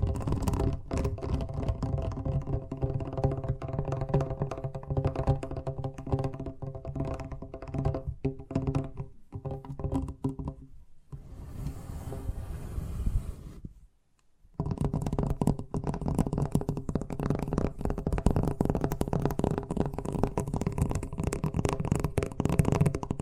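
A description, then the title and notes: Fast tapping runs in dense, rapid strokes with a low thumping body and steady ringing tones beneath. Around eleven seconds it gives way to a softer, hissy stretch, then stops in near silence at fourteen before the quick tapping resumes to the end. ASMR Braingasm Inducing Fast Tapping (No Talking).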